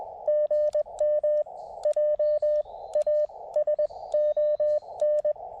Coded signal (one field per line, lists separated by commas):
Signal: Morse code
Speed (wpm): 20 wpm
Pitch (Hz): 600 Hz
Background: radio noise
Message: GM JASON